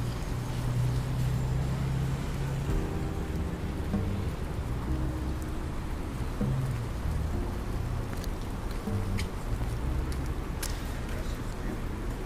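Rain falls steadily on a New York day, a dense, even hiss that holds its level throughout. Beneath it runs a low, droning rumble of traffic with shifting engine tones, and a few sharp ticks and clicks stand out near the end.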